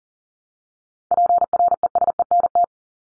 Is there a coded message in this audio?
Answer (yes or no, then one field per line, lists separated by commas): yes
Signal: Morse code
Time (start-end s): 1.1-2.6 s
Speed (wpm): 40 wpm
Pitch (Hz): 700 Hz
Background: none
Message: PRESENT